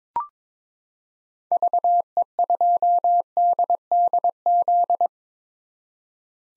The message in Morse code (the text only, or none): VE2DDZ